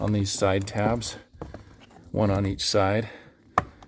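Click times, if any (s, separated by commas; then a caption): 3.6 s. Someone talks while pulling the plastic cabin air filter access cover of a 2018-2024 Lincoln Navigator away from the dashboard housing by its two side tabs, one on each side. A sharp click at 3.6 s marks the clips popping free, releasing the cover.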